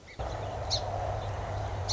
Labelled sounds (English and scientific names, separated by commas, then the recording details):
Song Sparrow (Melospiza melodia)
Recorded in Sonoma County, California